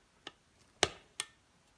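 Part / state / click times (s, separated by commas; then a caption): hammer part into pistol lower receiver / seated / 0.8 s. A part of the hammer assembly on a Cobray Mac M11 pistol lower receiver is pushed on with a screwdriver. A faint tick at 0.3 s comes before a sharp, bright click at 0.8 s, when the hammer part snaps into place with little effort, and a softer tick follows at 1.2 s. The part is seated.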